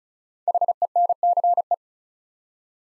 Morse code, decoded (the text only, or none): HENCE